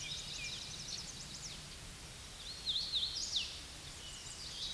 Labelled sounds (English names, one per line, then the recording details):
Hooded Warbler song
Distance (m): 35 m
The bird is about 5 m above the microphone
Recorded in a Pennsylvania forest on 16 May 2024 at 07:21
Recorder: AudioMoth, point MSD-0690
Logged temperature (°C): 16.0 °C
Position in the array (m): 165 m, 116 m